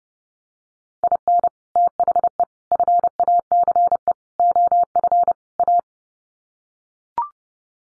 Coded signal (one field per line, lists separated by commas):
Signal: Morse code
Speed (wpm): 30 wpm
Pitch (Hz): 700 Hz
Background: none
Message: IN THE FACE OF A